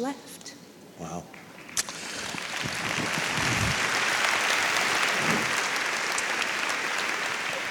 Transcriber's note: ladies applaud